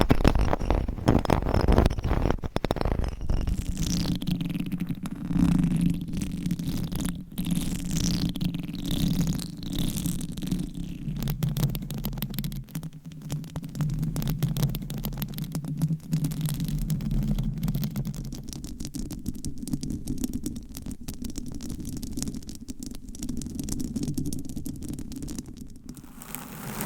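Microphone scratching fills the whole clip as a dense, continuous rubbing and crackling with a heavy low rumble. Many quick clicks and scrapes run through it, fast and irregular, with brighter swishes early on, around the first ten seconds, before the sound settles slightly softer.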